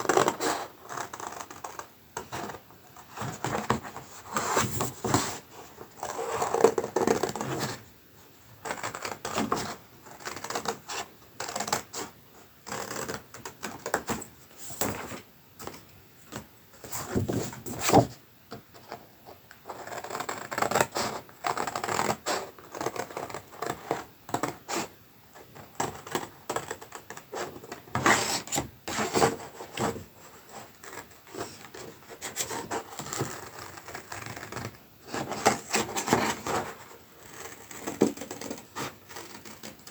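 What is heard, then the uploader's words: Soft tracing on card gives way to sharp, staccato cuts that snap in irregular bursts throughout. Soft Tracing and Staccato Cutting. A soundscape of contrasts through the valleys of soft, swirly tracing to the pinnacles of sharp cuts of card.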